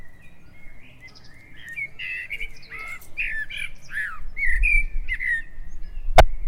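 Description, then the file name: Common blackbird delivering rich, varied warbling phrases with squeaky high flourishes, ending with a sharp click near the close. "Turdus merula"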